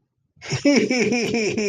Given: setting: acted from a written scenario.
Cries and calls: vocal sound without words; amusement

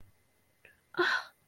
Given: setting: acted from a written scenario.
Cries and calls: vocal sound without words; sympathy

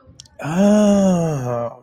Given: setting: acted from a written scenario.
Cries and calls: vocal sound without words; realization

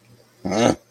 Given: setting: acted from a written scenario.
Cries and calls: vocal sound without words; disappointment

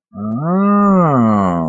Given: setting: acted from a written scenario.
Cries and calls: vocal sound without words; awe

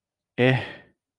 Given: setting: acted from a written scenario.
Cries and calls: vocal sound without words; neutral

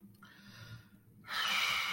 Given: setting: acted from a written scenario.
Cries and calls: vocal sound without words; guilt

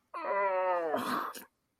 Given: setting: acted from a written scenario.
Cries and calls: vocal sound without words; pain

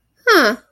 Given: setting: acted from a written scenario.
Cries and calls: vocal sound without words; interest

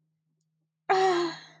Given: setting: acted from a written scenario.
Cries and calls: vocal sound without words; ecstasy

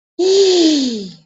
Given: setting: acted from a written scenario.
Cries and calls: vocal sound without words; disgust

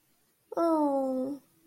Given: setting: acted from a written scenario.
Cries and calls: vocal sound without words; adoration

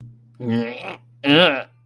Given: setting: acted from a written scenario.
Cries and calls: vocal sound without words; disgust

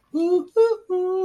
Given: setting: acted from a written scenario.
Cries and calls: vocal sound without words; triumph

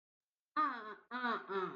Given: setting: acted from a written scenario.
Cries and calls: vocal sound without words; realization

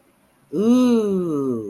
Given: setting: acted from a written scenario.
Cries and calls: vocal sound without words; awe

